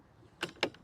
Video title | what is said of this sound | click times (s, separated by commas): How to Build XCAT Row | until it clicks. And now you'll see it doesn't rotate in anymore. | 0.6 s